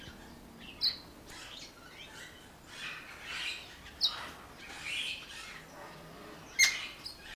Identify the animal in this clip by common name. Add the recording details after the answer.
Reichenow's Seedeater. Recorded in captivity. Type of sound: call. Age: adult. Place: Zoo Berlin, Berlin, DE. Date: 1997-12-23. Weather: overcast, hazy, ca. 0-2°C. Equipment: Nagra SN, Kopie Uher 4000 Report Monitor. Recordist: Tembrock, Günter. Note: Reichenow-Girlitz (S.a.reichenowi): Kurzruffolge